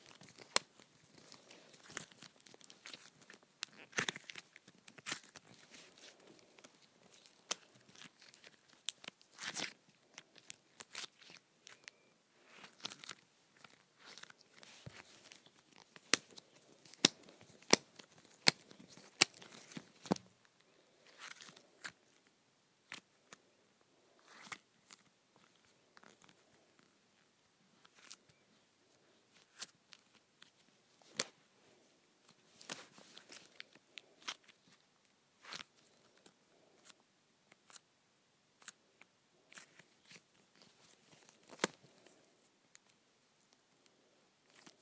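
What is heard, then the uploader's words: Putty being pulled apart, with dense, irregular sticky clicks and crackles, busiest in the first twenty seconds, then sparser. ASMR Pulling Apart Putty.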